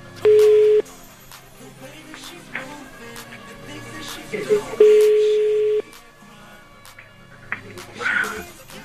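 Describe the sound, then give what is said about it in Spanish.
Telephone line tones: a steady low beep of a busy signal sounds briefly, then a longer one a few seconds later, with scattered clicks of dialing and faint murmuring in between. “Ok, marcamos otra línea, marcamos.”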